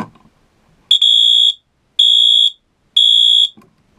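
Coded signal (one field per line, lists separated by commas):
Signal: alarm pattern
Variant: Wheelock MT horn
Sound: three loud buzzy horn blasts, each about half a second, evenly spaced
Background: room noise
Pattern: temporal three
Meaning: Temporal-3 pattern signals fire evacuation of the building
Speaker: code 3 horn I guessing I don't remember I think it was yeah I think it was code three horn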